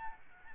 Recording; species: mosquito wingbeat signal from an infrared sensor; Aedes albopictus